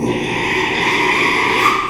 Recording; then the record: squeal of a Yucatan mini pig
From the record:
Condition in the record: after surgery on the right vocal fold (resection and tissue-engineered implant); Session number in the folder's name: 1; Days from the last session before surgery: 6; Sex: male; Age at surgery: 12 weeks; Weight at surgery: 13 kg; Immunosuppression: cyclosporine, prednisolone